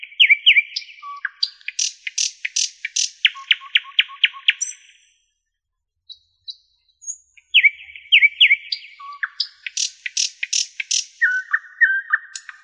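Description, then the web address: Nightingale singing loud, quick repeated notes in changing phrases, a brief pause with a few soft notes, then further fast series. "spiew ptakow piesn slowika"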